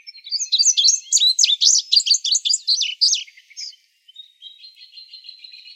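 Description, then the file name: Indigo bunting delivering a quick jumble of high, slurred doubled notes for three seconds, trailing into soft thin buzzy notes. Arizona, 24 May 2008. "INBU 6 B deviche"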